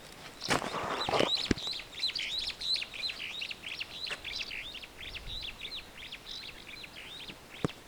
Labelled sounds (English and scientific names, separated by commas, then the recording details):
Superb Starling (Lamprotornis superbus) flight call
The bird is a male
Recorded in Kenya on 6 July 2010
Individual 62, of group MRCV